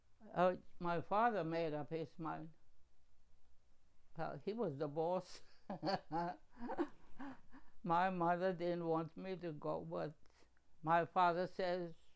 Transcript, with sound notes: uh, my father made up his mind. He was the boss. (laughing) My mother didn't want me to go, but my father says